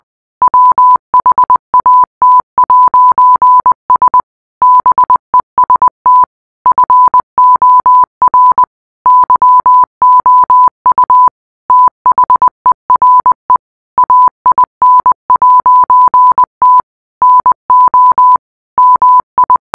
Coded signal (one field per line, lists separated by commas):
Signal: Morse code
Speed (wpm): 20 wpm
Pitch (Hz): 1000 Hz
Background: none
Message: WHAT'S BEST FOR YOU THERE AIN'T NO MI